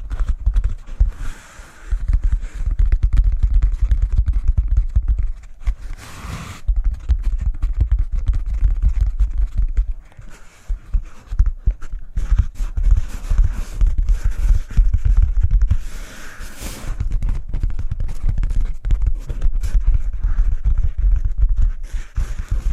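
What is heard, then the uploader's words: Cork being handled for ASMR: a dense, continuous run of small taps, scratches and crackles over a low rumble. Brighter rustling bursts stand out near six seconds and again around sixteen to seventeen seconds, with a brief quieter lull near ten seconds. ASMR Cork Triggers. (No Talking).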